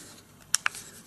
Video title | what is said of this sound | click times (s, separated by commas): InnKoo Underwater Camera | it just snaps right in | 0.5 s